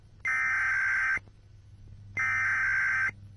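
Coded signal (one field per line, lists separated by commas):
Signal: Emergency Alert System (SAME) tones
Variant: header bursts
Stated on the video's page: Not a real alert.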